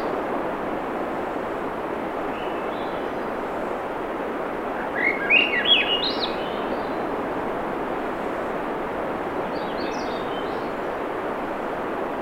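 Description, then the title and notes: Swainson's thrush sings one rising, spiralling phrase midway, then a fainter fragment later, while heavy surf noise fills the whole stretch. Singing June 7, 2017, 7:15 pm; low 50s, clear skies, between tides; Sun Dew Trail, Schoodic Peninsula, Acadia National Park, Winter Harbor, Maine; Fostex FR2, Sennheiser ME66 shotgun; high-pass filtered against surf noise. "Swainson's Thrush singing Wednesday June 7, 2017 7:15 pm temperature low 50s clear skies between the tides Sun Dew Trail where it intersects with trail to Ocean Beach Schoodic Pennisula Acadia National Park Winter Harbor, ME"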